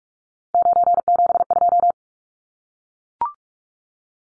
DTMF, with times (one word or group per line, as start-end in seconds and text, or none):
none